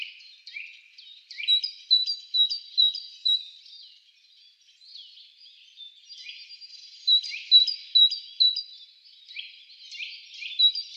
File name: Didžioji zylė - Great Tit - Parus major